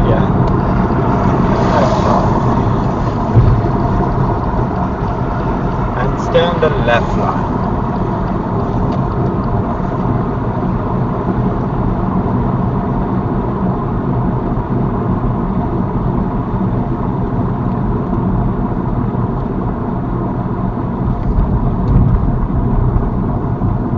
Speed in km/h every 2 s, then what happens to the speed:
87, 85, 82, 81, 77, 72, 69, 66, 63, 61, 60, 56.
0-24 slows to 56.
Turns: none.